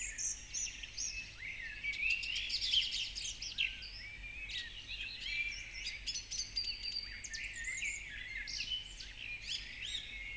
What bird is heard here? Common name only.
Song Thrush